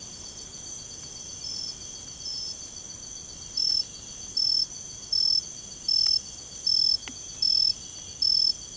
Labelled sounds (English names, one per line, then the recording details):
none
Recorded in secondary vegetation near Puerto Asís, Putumayo, Colombia, on 21 December 2024 at 04:30
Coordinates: 0.468, -76.324
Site G095